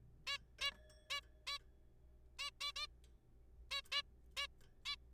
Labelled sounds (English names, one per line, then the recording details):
Zebra Finch
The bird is a juvenile
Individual R3428